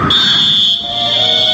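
A referee's whistle at a football match gives one long, shrill blast, holding a steady piercing high pitch for over a second before it cuts off. No one speaks.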